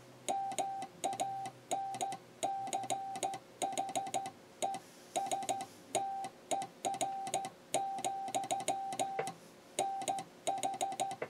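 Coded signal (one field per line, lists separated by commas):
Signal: Morse code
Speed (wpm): 14 wpm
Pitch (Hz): 780 Hz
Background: music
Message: MANCHESTER, NH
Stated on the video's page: An on-air QRP "Off the Line" retro transmitter, crystal-controlled, built for under ten dollars.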